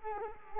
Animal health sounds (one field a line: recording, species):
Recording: mosquito wingbeat signal from an infrared sensor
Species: Culex quinquefasciatus